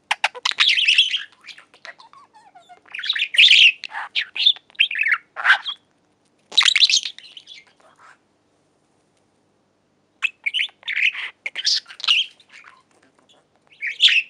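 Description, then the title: Budgerigar chatter in two busy spells of scratchy warbles and squeaks, split by a silent pause of about two seconds. "Budgie Sounds"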